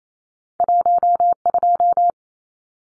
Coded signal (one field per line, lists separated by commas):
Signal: Morse code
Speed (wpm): 28 wpm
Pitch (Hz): 700 Hz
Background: none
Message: 12